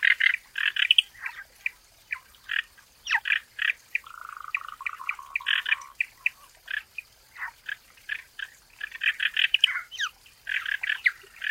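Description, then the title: Frogs croaking busily, many overlapping rasping pulses, with a stretch of lower, steadier repeated notes in the middle. In a forest. "林中蛙鸣鸟鸣"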